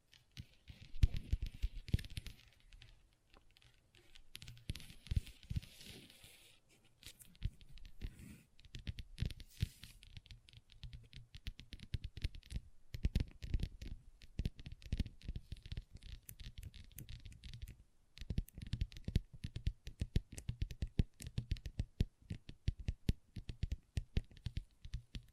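Long nails tap and scratch on a table in quick, uneven bursts of sharp clicks, like fast typing. The first ten seconds mix tapping with softer scraping strokes, then dense rapid tapping runs on, with brief pauses near 13 and 18 seconds.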